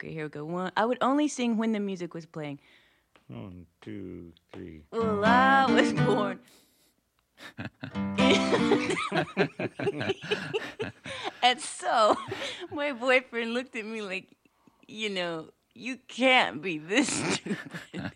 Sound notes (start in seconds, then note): 4.7 singing; 6.5 chord change; 8.1 laughter